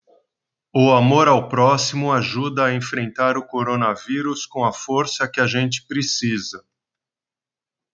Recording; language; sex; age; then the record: spoken sentence; Brazilian Portuguese; male; 50 to 59 years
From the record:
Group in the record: control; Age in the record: 58 years